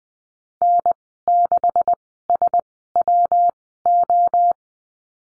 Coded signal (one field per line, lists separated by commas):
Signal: Morse code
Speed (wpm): 20 wpm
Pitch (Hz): 700 Hz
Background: none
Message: N 6 S W O